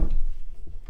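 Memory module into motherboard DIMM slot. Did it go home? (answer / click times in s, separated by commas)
no / none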